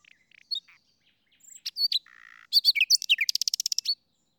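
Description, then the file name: Common nightingale song with scattered chirps, a low buzzy phrase, then a loud run of rapid, evenly repeated sharp notes ending abruptly. "Luscinia megarhynchos"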